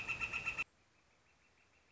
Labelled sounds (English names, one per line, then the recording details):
Northern Flicker
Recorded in Sonoma County, California